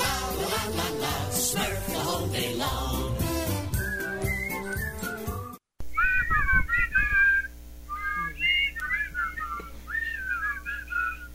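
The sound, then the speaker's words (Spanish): A dense burst of music breaks off, then bright, high whistled trills chirp in short repeated phrases like little birds, with pauses between them over a low, steady musical backing, from the English intro of The Smurfs. “Qué lindo, los pajaritos silbando, Para los que no sabían, ese era el intro de los pitufos en inglés, ¿verdad?”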